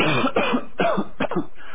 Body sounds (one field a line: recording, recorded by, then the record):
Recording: voluntary cough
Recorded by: telephone call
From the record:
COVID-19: positive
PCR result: self-reported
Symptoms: no